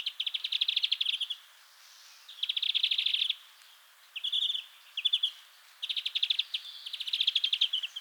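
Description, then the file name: European greenfinch giving rapid, rattling trills in bursts, with short pauses between them and a few brief clipped phrases in the middle. "Chloris chloris"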